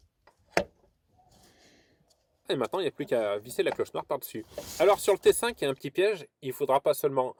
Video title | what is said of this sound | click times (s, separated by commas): VIDANGE VW T5 2.5 TDI | je mets le nouveau filtre en place ça va faire un petit clic parti soit dans son logement et | 0.6 s